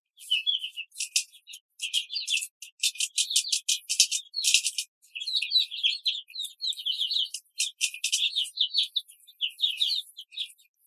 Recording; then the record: young laying hens in a cage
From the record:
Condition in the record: control cage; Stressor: none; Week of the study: 5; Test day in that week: 1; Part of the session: 3